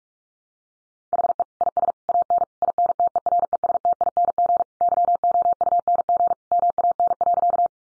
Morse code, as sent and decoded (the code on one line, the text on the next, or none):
.... . / .. ... / .- -. / .. -. - . .-. . ... - .. -. --. / -.-- --- ..- -. --. / -- .- -. .-.-.-
HE IS AN INTERESTING YOUNG MAN.